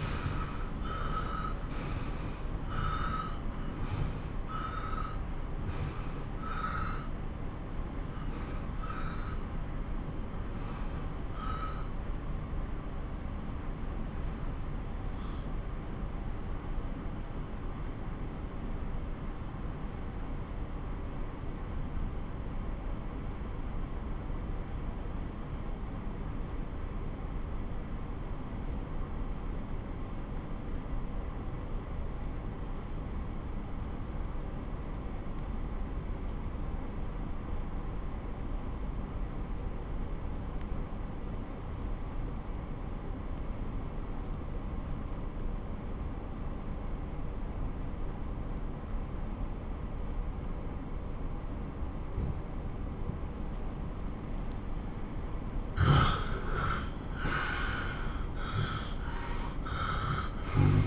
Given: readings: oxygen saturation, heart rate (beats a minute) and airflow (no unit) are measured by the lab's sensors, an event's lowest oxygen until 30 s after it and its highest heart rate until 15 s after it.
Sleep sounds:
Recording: breathing in sleep by a smartphone at the bedside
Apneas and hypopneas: 1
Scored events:
0.00-35.00 s: awake
15.00-54.20 s: obstructive apnea (scored as awake, oxygen 98% highest, then 86% lowest)
18.00-60.87 s: new sleep stage, N1 (lightest sleep)
From the record:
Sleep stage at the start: awake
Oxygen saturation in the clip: 90 to 98%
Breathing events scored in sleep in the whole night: 217 in 6.3 hours asleep

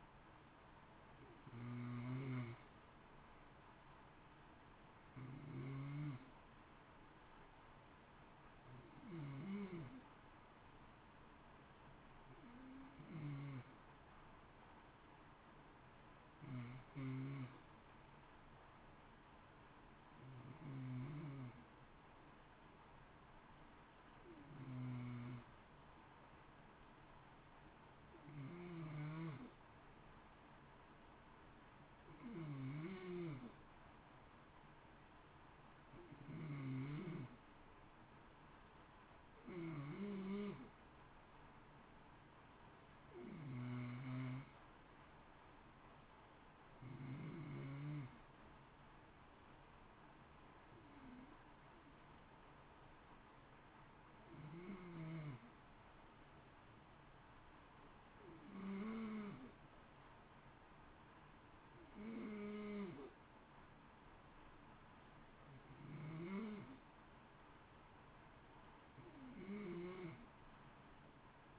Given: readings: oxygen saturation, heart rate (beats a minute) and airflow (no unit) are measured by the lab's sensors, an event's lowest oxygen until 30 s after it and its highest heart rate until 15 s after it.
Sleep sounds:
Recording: breathing in sleep by a voice recorder at the bedside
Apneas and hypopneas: none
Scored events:
none scored
From the record:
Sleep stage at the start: N2 (light sleep)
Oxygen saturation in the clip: 92 to 93%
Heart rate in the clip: 54 to 58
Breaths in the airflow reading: 21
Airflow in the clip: -0.8 to 0.8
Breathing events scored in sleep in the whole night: 328 in 6.3 hours asleep

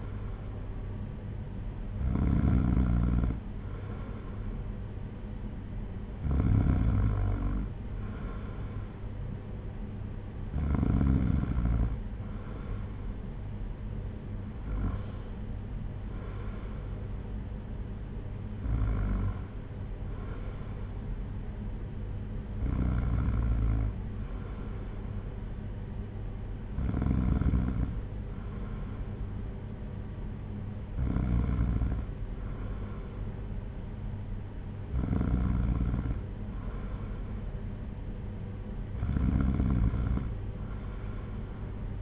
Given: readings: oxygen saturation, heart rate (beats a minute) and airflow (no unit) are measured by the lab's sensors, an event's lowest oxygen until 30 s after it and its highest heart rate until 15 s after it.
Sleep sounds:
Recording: breathing in sleep by a smartphone at the bedside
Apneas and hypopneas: none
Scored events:
30.00-42.02 s: new sleep stage, N2 (light sleep)
From the record:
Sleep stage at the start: N1 (lightest sleep)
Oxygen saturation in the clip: 94%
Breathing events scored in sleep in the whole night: 226 in 8.8 hours asleep

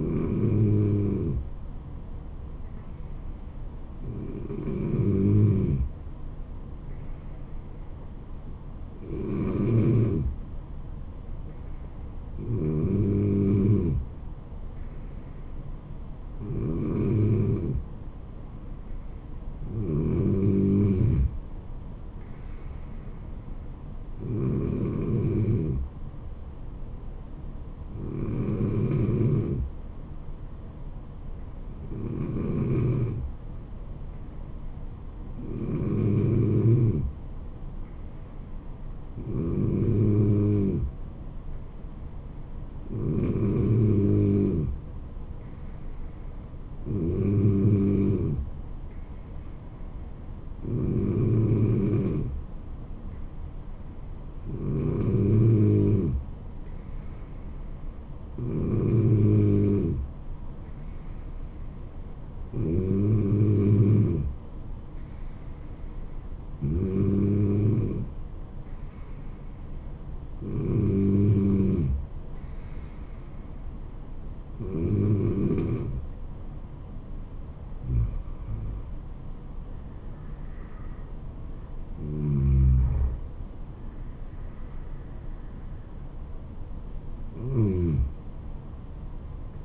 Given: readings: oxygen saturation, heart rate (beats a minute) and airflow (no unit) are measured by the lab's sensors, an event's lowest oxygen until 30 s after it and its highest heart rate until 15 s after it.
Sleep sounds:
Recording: breathing in sleep by a smartphone at the bedside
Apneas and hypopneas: 1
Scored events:
6.00-89.65 s: new sleep stage, N2 (light sleep)
32.00-79.50 s: hypopnea (N2, oxygen 95% highest, then 94% lowest, heart rate 71 at the start, 79 highest)
From the record:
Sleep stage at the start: N3 (deep sleep)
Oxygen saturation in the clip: 94 to 96%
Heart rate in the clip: 67 to 79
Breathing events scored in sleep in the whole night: 426 in 7.4 hours asleep

